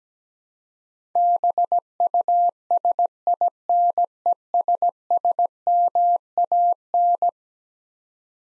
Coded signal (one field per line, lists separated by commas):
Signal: Morse code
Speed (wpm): 17 wpm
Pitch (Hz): 700 Hz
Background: none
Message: BUSINESSMAN